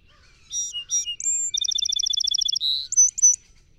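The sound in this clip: Song Sparrow song: two slurred introductory notes, a high drawn whistle, a fast even trill, a buzzy note, then three short closing notes.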